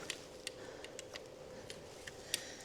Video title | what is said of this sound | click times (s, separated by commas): £500 Budget: Can I Buy & Fix a BROKEN Motorbike in 24 Hours?! | get a nice click, | 2.3 s